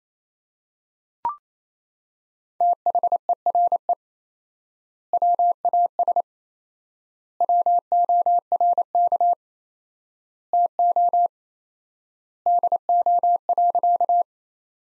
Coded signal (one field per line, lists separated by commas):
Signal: Morse code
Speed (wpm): 27 wpm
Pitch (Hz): 700 Hz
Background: none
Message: THERE WAS WORK TO DO.